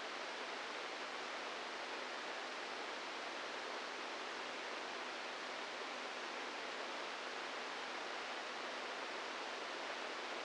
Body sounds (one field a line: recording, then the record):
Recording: brain microelectrode recording played as sound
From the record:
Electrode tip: inside the subthalamic nucleus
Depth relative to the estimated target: -1 mm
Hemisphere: right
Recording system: NeuroSet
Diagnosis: Parkinson's disease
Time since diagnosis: 8 years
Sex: male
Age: 46 years